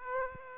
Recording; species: mosquito wingbeat signal from an infrared sensor; Aedes aegypti